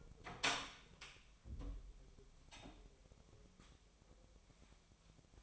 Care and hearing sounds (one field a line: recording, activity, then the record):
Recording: daily activity, microphone in the room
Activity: open door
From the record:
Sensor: 1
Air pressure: 1007.5 hPa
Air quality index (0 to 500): 194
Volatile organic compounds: 18 ppm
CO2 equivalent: 2628 ppm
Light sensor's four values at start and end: 13/32/13/14 and 13/34/13/15